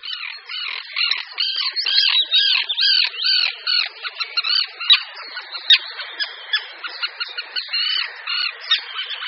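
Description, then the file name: Common tern calls: a dense run of harsh, grating squawks overlapping in quick, irregular bursts. "Rybák-obecný"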